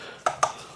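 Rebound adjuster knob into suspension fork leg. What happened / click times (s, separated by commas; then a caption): The small adjuster knob clicked into place / 0.3 s, 0.4 s. A rebound adjuster knob with its O-ring is clipped back into its hole on the suspension fork leg of a Trek mountain bike. Two sharp clicks sound at 0.3 s and 0.4 s over quiet background noise. The knob is seated in the fork leg.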